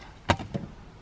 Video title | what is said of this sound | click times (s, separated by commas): Transform Your MX5 Interior FOR A FIVER?! | And it pops out. | 0.3 s